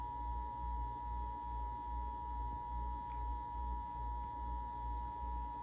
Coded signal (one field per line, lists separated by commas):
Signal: Emergency Alert System (SAME) tones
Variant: 853 and 960 Hz attention tone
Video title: EAS #651 - Required Monthly Test #27